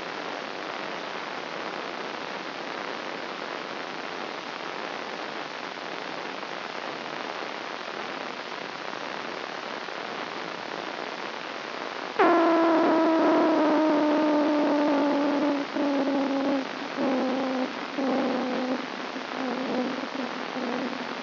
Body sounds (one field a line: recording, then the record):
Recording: brain microelectrode recording played as sound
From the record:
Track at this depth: inside the subthalamic nucleus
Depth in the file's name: 1.539 mm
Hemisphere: left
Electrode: 2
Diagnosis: Parkinson's disease